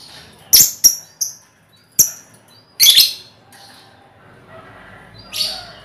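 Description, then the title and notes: Lovebird chirps: scattered sharp high notes and a couple of short harsh bursts, with quiet gaps between them. Lovebird ngekek song, described as the longest, used as a lure song (kicau pancingan). "Master Kicau Lovebird ngekek, kicau pancingan"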